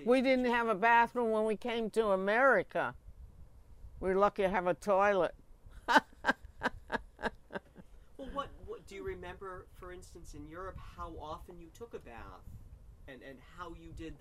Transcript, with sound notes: We didn't have a bathroom when we came to America. We were lucky to have a toilet. (laughs)
Well what --- do you remember, for instance, in Europe how often you took a bath and how you did that?